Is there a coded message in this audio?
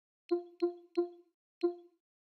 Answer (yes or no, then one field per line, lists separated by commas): no